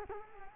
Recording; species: mosquito wingbeat signal from an infrared sensor; Culex quinquefasciatus